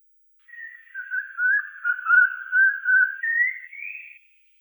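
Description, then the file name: Eurasian pygmy owl giving a whistled call: a wavering, pulsing series of notes that dips lower, then climbs higher toward the end, with no other sounds. "Glaucidium passerinum"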